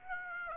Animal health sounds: mosquito wingbeat signal from an infrared sensor; Aedes aegypti

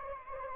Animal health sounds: mosquito wingbeat signal from an infrared sensor; Anopheles arabiensis

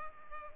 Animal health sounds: mosquito wingbeat signal from an infrared sensor; Culex pipiens

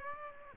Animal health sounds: mosquito wingbeat signal from an infrared sensor; Aedes aegypti

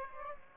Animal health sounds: mosquito wingbeat signal from an infrared sensor; Aedes aegypti

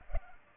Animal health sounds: mosquito wingbeat signal from an infrared sensor; Culex pipiens

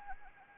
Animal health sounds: mosquito wingbeat signal from an infrared sensor; Anopheles arabiensis

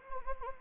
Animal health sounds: mosquito wingbeat signal from an infrared sensor; Anopheles arabiensis

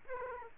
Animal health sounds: mosquito wingbeat signal from an infrared sensor; Aedes aegypti

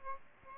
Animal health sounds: mosquito wingbeat signal from an infrared sensor; Aedes albopictus

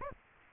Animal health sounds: mosquito wingbeat signal from an infrared sensor; Aedes aegypti

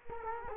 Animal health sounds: mosquito wingbeat signal from an infrared sensor; Culex quinquefasciatus

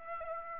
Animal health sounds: mosquito wingbeat signal from an infrared sensor; Aedes aegypti

